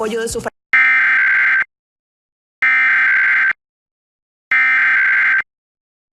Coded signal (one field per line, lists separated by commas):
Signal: Emergency Alert System (SAME) tones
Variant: header bursts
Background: speech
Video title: Florida Emergency Alert System Required Monthly Test July 20, 2023